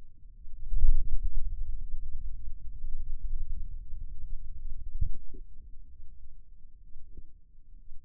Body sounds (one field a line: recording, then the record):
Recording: forearm muscle sounds (acoustic myography)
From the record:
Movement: ulnar deviation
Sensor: system 2, bracelet of six BSWA MPA416 microphones around the upper forearm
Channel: 5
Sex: male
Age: 22 years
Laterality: right